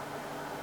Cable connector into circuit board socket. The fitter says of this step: doit être bon là normalement alors j'ai pas endu le clic donc ça doit pas être bon